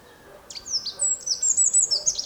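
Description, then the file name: Eurasian wren song, a fast, loud stream of very high, sharp notes and trills lasting nearly two seconds. "Troglodytes troglodytes"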